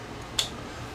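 A small spring-loaded retaining part is pressed into the relay assembly of a BGW750 power amplifier, held under a thumb over its end so it cannot fly off, and fitted the other way round because it would not snap in the first orientation. Against a steady low background hum, a single sharp snap lands at 0.4 s. The part seats and the assembly is back together.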